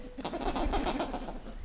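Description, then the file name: Black lemur calls: a rapid run of harsh, pulsed grunting notes. Response to playback of raptor calls, recorded at Ambato. "Emacaco Resp Raptor PB Ambato"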